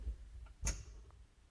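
A wiring connector is pushed onto the third (center) brake light bulb holder of a 2011–2016 Hyundai Elantra. A single sharp click is heard at 0.7 s, followed by a much fainter tick near 1.1 s. The connector is seated.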